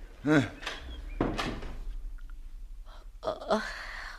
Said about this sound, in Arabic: ودفعه البواب وأغلق وراءه الباب